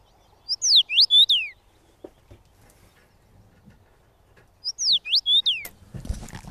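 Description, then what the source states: Common Rosefinch song: a short, clear whistled phrase of rising and falling slurred notes, given twice about four seconds apart. A pleasant, fun singer with a clear, easy-to-learn phrase; played as a listener's request.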